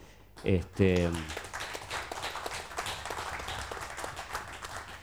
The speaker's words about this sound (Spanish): ya que este es el año del centenario del querido club, por lo cual voy a pedir un aplauso para la memoria de los que fundaron este club hace 100 años.